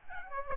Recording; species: mosquito wingbeat signal from an infrared sensor; Aedes aegypti